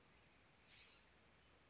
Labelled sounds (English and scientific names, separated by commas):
California Scrub-Jay (Aphelocoma californica)